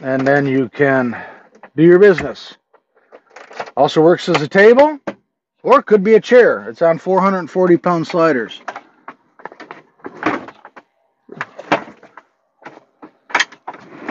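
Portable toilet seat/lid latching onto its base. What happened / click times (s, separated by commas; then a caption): Handled, not yet home: plastic seat or lid moved but not clearly latched / none. Someone talks while handling a portable toilet that also works as a table or chair, rated to 440 lb, with its seat or lid being closed onto its base. Several sharp knocks and clacks follow the speech, the loudest around 10.3, 11.4, 11.7, 13.4 and 14.2 seconds. Nothing has seated or clicked yet; the seat has not latched into place by the end.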